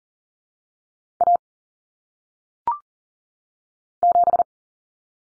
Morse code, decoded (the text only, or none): A 7